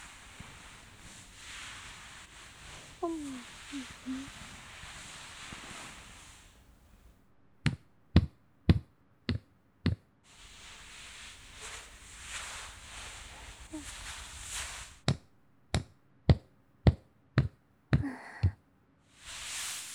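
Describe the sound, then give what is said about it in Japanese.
Two bursts of sharp, evenly spaced taps from a shoulder-tapping massage, each run of six or seven quick strikes, separated by stretches of soft, steady rubbing and brushing noise. “肩たたきで疲れた身体をリフレッシュ”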